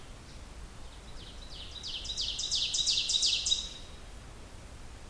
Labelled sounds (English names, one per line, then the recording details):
Ovenbird song
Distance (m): 40 m
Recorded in boreal forest in Alberta, Canada, on 16 June 2016 at 06:11
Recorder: SongMeter 3, array SBT-3-32
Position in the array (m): 115 m, 147 m
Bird 37